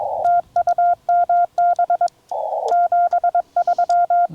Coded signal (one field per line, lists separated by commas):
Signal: Morse code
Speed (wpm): 21 wpm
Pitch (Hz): 700 Hz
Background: none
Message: TU MB 73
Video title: Spooltenna EFHW First Test—Wind, DX, 100 QSOs (POTA)